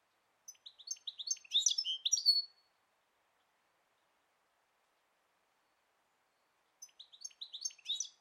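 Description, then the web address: Bird gives a rapid phrase of high, slurred chirps for two seconds, falls silent, then starts another similar phrase near the end. "Deverinetal"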